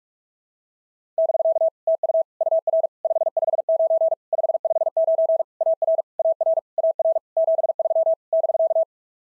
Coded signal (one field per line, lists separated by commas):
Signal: Morse code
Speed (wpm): 46 wpm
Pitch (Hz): 650 Hz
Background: none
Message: <BK> TU UR 559 559 AR AR AR 73 <BK>